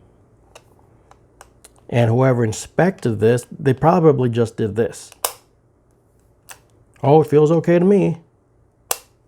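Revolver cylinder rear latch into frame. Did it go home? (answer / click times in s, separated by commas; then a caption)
yes / 8.9 s. Someone talks while a Smith & Wesson 686 Competitor revolver's cylinder is swung closed into its steel frame, with a few faint ticks before that. At 8.9 s the cylinder's rear latch snaps home into the frame with one sharp, loud click, seating it shut; the click comes from the rear latch, not the crane detent ball.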